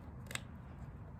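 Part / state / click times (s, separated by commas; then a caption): wiring connector into tail light assembly / seated / 0.3 s, 0.4 s. A wiring plug is pushed into the replacement tail light housing of a 1995 Nissan D21 pickup truck, now with little restriction. It snaps home with two sharp, bright clicks at 0.3 and 0.35 seconds over a low background rumble. The connector is locked and seated in the tail light assembly.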